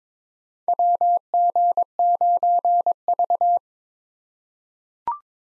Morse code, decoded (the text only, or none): WG9V